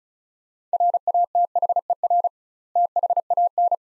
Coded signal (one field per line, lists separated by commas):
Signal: Morse code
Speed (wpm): 36 wpm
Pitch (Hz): 700 Hz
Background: none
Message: RATHER THAN